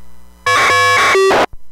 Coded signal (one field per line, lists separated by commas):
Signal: packet radio (AX.25, as in APRS)